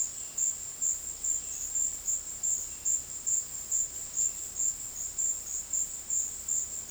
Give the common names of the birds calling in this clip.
none